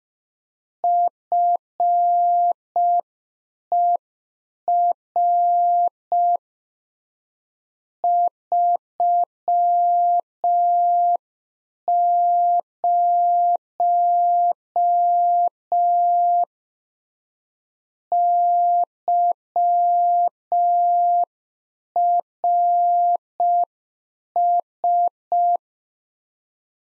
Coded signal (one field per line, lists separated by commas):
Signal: Morse code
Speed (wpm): 5 wpm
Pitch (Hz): 700 Hz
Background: none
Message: FER 30 YRS